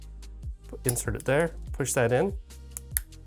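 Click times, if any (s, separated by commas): 2.8 s, 3.0 s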